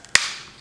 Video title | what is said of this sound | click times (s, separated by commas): How to Snap On/Off Clipper and Trimmer Blades on the Bevel Pro | And you're going to push outward, making sure that you hold | 0.2 s